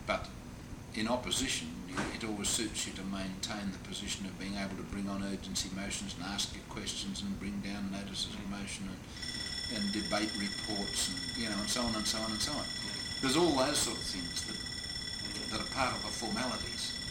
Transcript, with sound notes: but in Opposition it always suits you to maintain the position of being able to bring on Urgency Motions, and to ask your questions and bring down Notices of Motion and debate reports and so on and so on and so on. [the bells are ringing] There are all those sort of things that a part of the formalities.